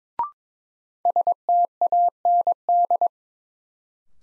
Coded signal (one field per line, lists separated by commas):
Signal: Morse code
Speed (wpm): 22 wpm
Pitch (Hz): 700 Hz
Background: none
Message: STAND